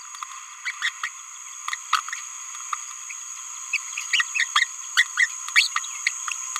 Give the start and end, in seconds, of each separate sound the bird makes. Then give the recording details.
0.65-0.72, 0.82-0.89, 2.12-2.15, 3.72-3.78, 4.12-4.23, 4.34-4.45, 4.55-4.65, 4.97-5.05, 5.18-5.29, 5.56-5.71, 5.76-5.80. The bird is a female. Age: 26 days. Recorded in a nest box in Venezuela. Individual 17B31A3